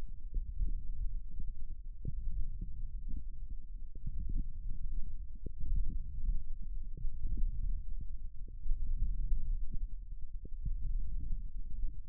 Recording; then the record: forearm muscle sounds (acoustic myography)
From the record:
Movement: index flexion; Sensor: system 1, eight BSWA MPA416 microphones around the upper forearm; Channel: 8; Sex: male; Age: 18 years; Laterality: right